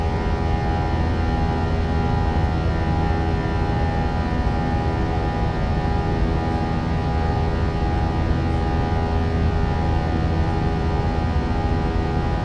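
Steady airplane engine drone during flight, a dense low roar with many fixed humming tones layered above it. The level holds even from start to finish, with a faint shimmer of higher mechanical whine and no distinct events.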